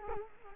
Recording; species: mosquito wingbeat signal from an infrared sensor; Culex quinquefasciatus